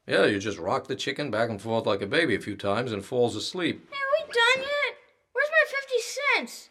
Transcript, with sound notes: Yup — you just rock the chicken back and forth like a baby a few times, and it falls asleep. (whining)
[KID VOICE] Hey–are we done yet? Where’s my fifty cents!